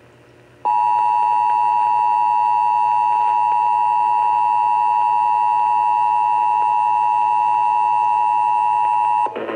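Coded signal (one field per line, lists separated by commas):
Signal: Emergency Alert System (SAME) tones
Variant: 853 and 960 Hz attention tone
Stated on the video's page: Severe thunderstorm warnings relayed via NOAA weather radio station and an AM broadcast station.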